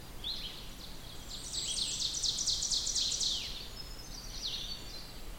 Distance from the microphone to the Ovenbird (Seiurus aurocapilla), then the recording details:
about 45 m. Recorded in boreal forest in Alberta, Canada, on 16 June 2016 at 06:34. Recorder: SongMeter 3, array SBT-3-32. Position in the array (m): 163 m, 33 m. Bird 36